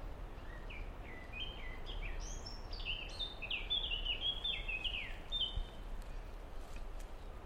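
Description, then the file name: Common blackbird singing a phrase that starts with lower whistles and climbs into quicker, higher twittering notes, over continuous noise. "merle"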